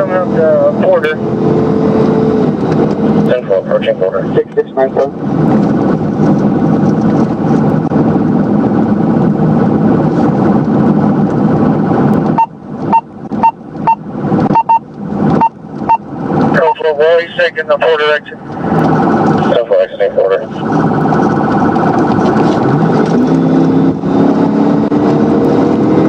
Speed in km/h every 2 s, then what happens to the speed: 129, 129, 129, 126, 124, 119, 116, 108, 101, 92, 90, 106, 114.
0-9 steady at about 129. 9-19 slows to 90. 19-26 speeds up to 114.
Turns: none.